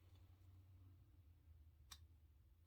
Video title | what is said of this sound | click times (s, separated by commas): SEGAL UNIBODY SAFETY RAZOR - 1/2 DE RAZOR BLADE HACK - LOVE THIS RAZOR | there's two clicks | 1.9 s